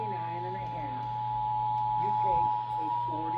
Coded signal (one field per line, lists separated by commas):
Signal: Emergency Alert System (SAME) tones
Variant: 853 and 960 Hz attention tone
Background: speech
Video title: Eas svr on KUHT 8.3 Eas#1425